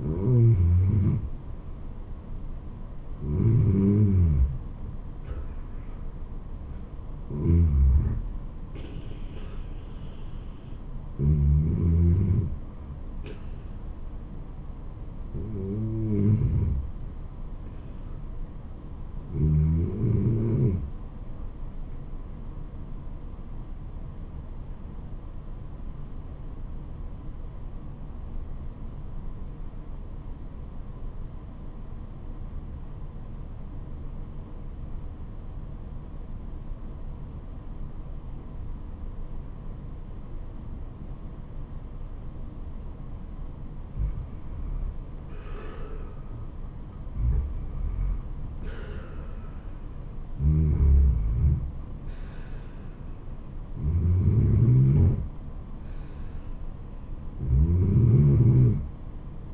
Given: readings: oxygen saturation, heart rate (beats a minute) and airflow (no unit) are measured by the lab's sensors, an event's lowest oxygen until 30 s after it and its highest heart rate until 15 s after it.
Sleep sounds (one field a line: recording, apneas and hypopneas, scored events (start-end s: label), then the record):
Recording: breathing in sleep by a smartphone at the bedside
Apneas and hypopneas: 1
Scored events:
25.00-44.20 s: obstructive apnea (REM, oxygen 96% highest, then 90% lowest, heart rate 79 at the start, 79 highest)
40.00-59.53 s: new sleep stage, N1 (lightest sleep)
From the record:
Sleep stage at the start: REM sleep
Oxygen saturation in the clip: 93 to 96%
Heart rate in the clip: 67 to 83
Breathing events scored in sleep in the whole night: 426 in 7.4 hours asleep